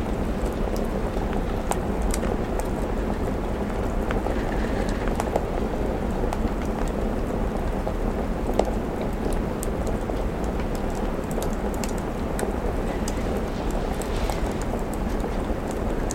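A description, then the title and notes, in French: A crackling fireplace mixes with steady soft rain on a window, a dense even hiss with frequent sharp pops scattered throughout. Feu de Cheminée Douillet | Pluie d’Automne sur la Fenêtre.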